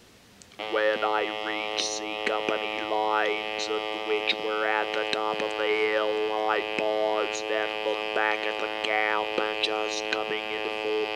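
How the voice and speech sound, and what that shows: Continuous flat, buzzing mechanical tone with a steady fixed pitch carries a read passage, with mouthed words shaped over it and no natural voice. Electrolarynx speech: the device is held against the throat in place of the voice box, as laryngectomees use it; demonstrated here by an adult speaker imitating that use.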